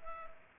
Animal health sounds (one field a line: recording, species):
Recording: mosquito wingbeat signal from an infrared sensor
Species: Culex pipiens